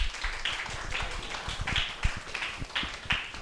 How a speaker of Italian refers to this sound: E quindi un grande applauso.